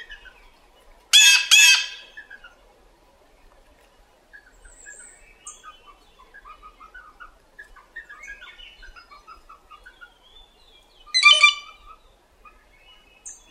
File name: bluejay